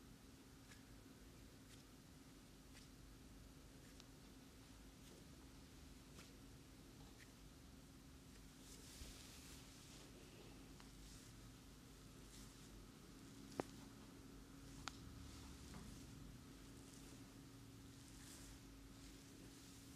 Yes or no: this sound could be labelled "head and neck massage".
yes